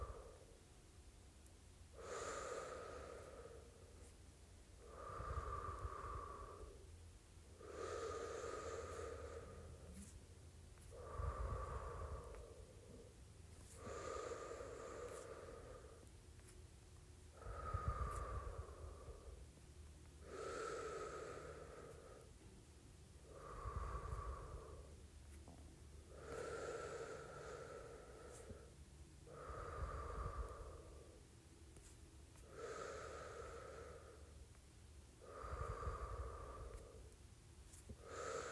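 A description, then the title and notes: Someone blows air in and out in a slow, even rhythm, each breath lasting about a second or two with a soft whooshing, slightly hollow tone. Roughly a dozen breaths come at regular intervals, with occasional low thumps underneath. ASMR Blowing In and Out.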